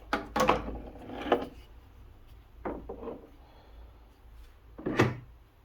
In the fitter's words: la bride est posée avec la nouvelle durite qui est bien clipsée, on entend bien les agrafes.